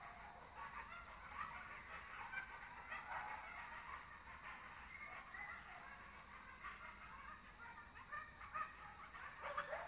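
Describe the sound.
Animal chorus of insect-like sound: steady high continuous buzzing tones, with faint scattered chirps below throughout.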